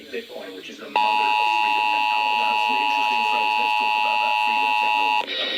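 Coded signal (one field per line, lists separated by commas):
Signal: Emergency Alert System (SAME) tones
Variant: 853 and 960 Hz attention tone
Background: speech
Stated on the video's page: DC Required Monthly Test received on multiple radio and TV stations and HD subchannels; one station mocked Tennessee.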